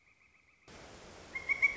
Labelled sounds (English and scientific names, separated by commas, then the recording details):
Pileated Woodpecker (Dryocopus pileatus)
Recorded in Sonoma County, California